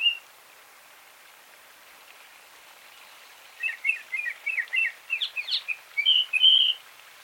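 Northern mockingbird song: after a single early note and a long silence, a rapid varied run of chattering and warbled notes lasting about three seconds.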